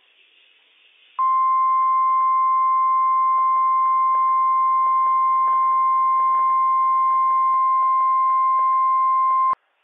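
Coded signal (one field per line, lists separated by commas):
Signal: Emergency Alert System (SAME) tones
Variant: 1050 Hz attention tone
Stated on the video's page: Required Weekly Test from NOAA weather radio WWF56, issued by the National Weather Service in Pendleton, Oregon, for Washington counties.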